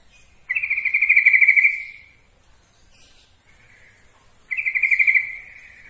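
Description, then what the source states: Yellow-vented bulbul delivering two loud, chattering pulsed phrases four seconds apart, with some faint notes in the gap. Song used as training material for other birds.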